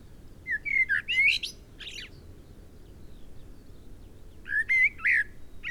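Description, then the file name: Common blackbird song: two fluted, warbling phrases with thin, high twitters, separated by a quiet pause of a few seconds. "Turdus merula"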